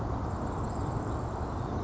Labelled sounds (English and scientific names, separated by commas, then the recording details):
Grasshopper Sparrow (Ammodramus savannarum)
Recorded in Sonoma County, California